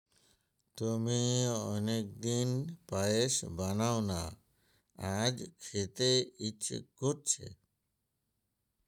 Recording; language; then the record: elicited speech; Bengali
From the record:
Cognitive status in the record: dementia